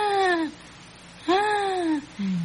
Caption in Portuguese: A asma, ela é uma doença crônica, né? Ela tem a característica aí de que há uma obstrução dos bronquíolos. Então, a gente vai ter uma produção de muco nessa região e essa produção vai fazer com que os sintomas da asma apareçam. Como, por exemplo, o sibilo, que é um som parecido com esse. Como se fosse um piado.